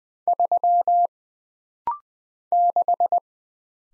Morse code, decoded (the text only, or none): 3 6